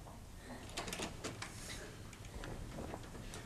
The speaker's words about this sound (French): Mon Dieu, c'est lui. On a ouvert la porte sans sonner.